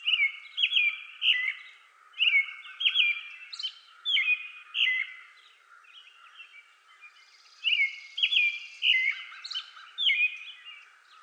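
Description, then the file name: American robin song: short, clear whistled phrases rising and falling, given in quick caroling groups with brief pauses, plus a faint buzzy hum in the later part. Recorded 31 May 2020; mono recording. "2020-05-31 American Robin"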